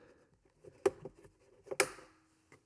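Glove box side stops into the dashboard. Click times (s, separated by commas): 0.9 s, 1.8 s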